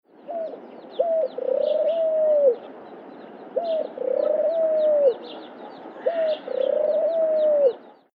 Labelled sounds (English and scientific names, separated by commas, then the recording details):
African Collared Dove (Streptopelia risoria)
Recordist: Tembrock, Günter
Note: Balzfolgen